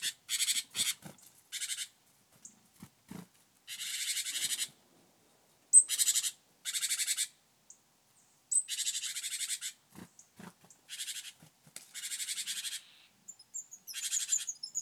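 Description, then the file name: Great tit churring calls: harsh buzzy chatters repeated again and again in bursts of about a second, some opened by a thin high note, with faint clicks between. "Parus major"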